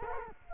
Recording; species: mosquito wingbeat signal from an infrared sensor; Culex quinquefasciatus